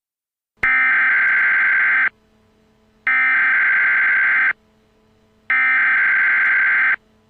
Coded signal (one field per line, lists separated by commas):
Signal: Emergency Alert System (SAME) tones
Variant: header bursts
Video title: EAS Scenario 3: Blood Cats II Part II (PREVIEW)